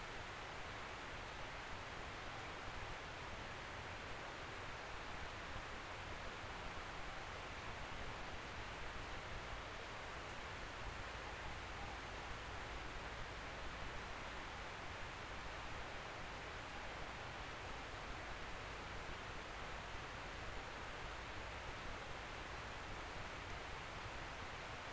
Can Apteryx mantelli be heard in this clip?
no